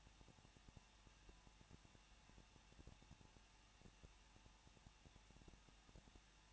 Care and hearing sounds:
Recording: daily activity, microphone in the room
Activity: no activity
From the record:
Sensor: 1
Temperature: 20.1 degrees Celsius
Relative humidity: 39.0%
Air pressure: 1006.6 hPa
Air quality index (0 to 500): 216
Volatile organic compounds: 71 ppm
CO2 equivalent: 3529 ppm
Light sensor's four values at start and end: 1/2/1/1 and 1/2/1/1

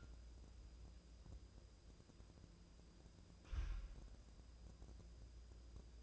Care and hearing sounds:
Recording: daily activity, microphone in the room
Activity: wipe stove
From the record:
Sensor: 2

